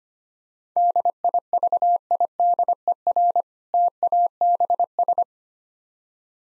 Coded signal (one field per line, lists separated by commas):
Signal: Morse code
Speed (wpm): 25 wpm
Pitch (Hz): 700 Hz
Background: none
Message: DIVIDER TABS